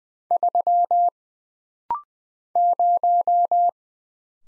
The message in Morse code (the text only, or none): 3 0